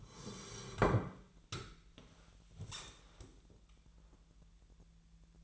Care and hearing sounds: daily activity, microphone in the room; sit down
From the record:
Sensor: 3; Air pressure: 1001.7 hPa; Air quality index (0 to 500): 247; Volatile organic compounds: 140 ppm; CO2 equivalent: 3980 ppm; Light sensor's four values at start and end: 12/28/12/12 and 11/26/11/11

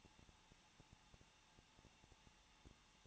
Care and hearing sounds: daily activity, microphone in the room; no activity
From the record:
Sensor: 1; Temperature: 20.1 degrees Celsius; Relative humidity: 39.3%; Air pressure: 1006.4 hPa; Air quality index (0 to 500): 218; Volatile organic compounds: 80 ppm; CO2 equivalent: 3604 ppm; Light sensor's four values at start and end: 1/2/1/1 and 1/2/1/1

